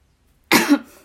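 A single abrupt, harsh cough from an adult after silence, fading quickly; a plain isolated cough, part of a cough that has been continuing as before.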